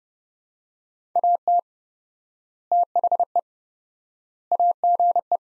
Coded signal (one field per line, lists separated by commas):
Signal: Morse code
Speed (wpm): 31 wpm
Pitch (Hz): 700 Hz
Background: none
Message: AT THE AGE